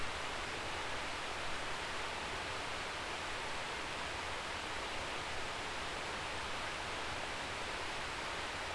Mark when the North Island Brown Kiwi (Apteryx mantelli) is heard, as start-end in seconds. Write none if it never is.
none